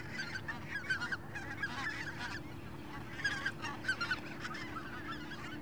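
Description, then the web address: Goose: geese honking in loud clustered bursts, many birds calling together with brief pauses between waves, over a low steady hum. Large flock of geese passing overhead, open field, Wendland, autumn, light wind. "GDC 2016-Game Audio Bundle Shaping Waves - WENDLAND AUTUMN Wendland Autumn Open Field Big Goose Swarm Passing Overhead Light Wind"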